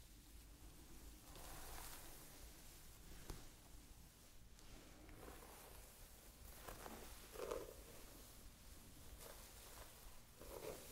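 Soft hair-playing sounds: a steady hiss of rustling and brushing with gentle swells and dips throughout. Brief brighter crinkles stand out near two, three and a half, seven and a half, and ten and a half seconds, with a low hum underneath.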